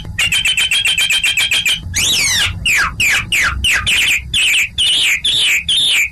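Chinese hwamei singing a rapid run of repeated ringing notes, then a series of loud down-slurred whistles, over a low steady rumble.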